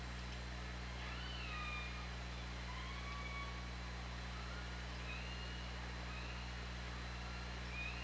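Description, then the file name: Killer whale calls, drawn-out tonal squeals that waver and rise, repeated several times over a persistent underwater hum. OrcaLab hydrophone, 24 August 2017. "Orca Lab UTLN JASON 20170824 203547"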